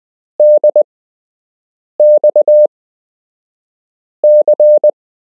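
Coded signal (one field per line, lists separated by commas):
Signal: Morse code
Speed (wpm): 20 wpm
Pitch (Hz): 600 Hz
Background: none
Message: DX C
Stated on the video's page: Beginner's Morse code lesson with a structured lesson plan, part 5 of 8.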